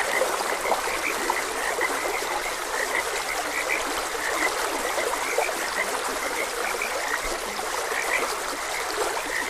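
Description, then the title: Chorus of frogs, clipped high croaks repeating irregularly, heard over a continuously running stream. Frogs croaking beside a gentle stream in a continuous ambient nature soundscape. "Gentle Stream and Frogs Croaking"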